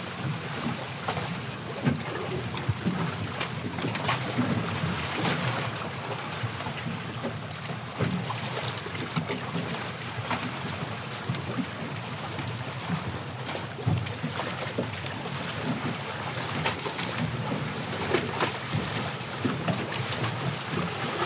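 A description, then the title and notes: Water laps steadily against docked boats, a dense, constant wash with frequent soft knocks and clatters over a low, windy rumble. Waves on Docked Boats Sound.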